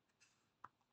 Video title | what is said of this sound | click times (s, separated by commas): 😍nouveautés😍unboxing FANSELLS ☀️ surprise pour mes abonnées 💓💞💕 | Ah, il se clipse comme ça celui-là. | 0.7 s